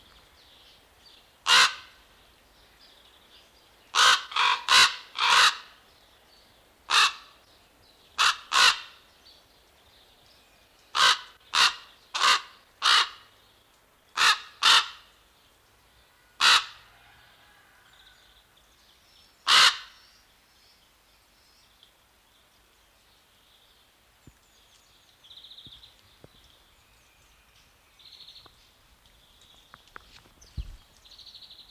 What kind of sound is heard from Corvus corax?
call